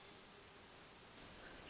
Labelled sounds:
Hermit Thrush (Catharus guttatus)
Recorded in Sonoma County, California

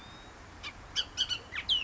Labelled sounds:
Bullock's Oriole (Icterus bullockii)
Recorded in Sonoma County, California

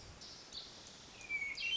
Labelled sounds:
Hermit Thrush (Catharus guttatus)
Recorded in Sonoma County, California

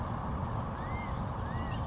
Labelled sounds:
California Quail (Callipepla californica)
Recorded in Sonoma County, California

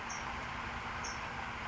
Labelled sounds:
California Towhee (Melozone crissalis)
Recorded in Sonoma County, California

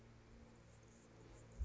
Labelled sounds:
Anna's Hummingbird (Calypte anna)
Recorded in Sonoma County, California

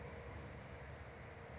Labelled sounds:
California Towhee (Melozone crissalis)
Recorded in Sonoma County, California

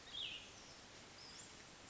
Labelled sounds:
Cassin's Vireo (Vireo cassinii)
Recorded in Sonoma County, California

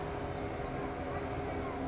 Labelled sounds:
California Towhee (Melozone crissalis)
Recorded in Sonoma County, California

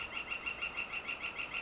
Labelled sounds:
Northern Flicker (Colaptes auratus)
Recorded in Sonoma County, California

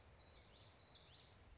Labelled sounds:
Common Yellowthroat (Geothlypis trichas)
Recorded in Sonoma County, California

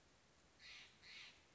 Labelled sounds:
Steller's Jay (Cyanocitta stelleri)
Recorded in Sonoma County, California

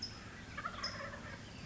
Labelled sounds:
Wild Turkey (Meleagris gallopavo)
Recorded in Sonoma County, California

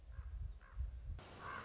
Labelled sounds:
Common Raven (Corvus corax)
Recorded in Sonoma County, California

